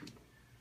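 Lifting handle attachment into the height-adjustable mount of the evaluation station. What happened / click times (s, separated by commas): The lifting handle locked into its height mount / 0.1 s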